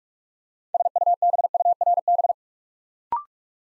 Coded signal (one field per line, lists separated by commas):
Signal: Morse code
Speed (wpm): 44 wpm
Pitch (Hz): 700 Hz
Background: none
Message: SUBURB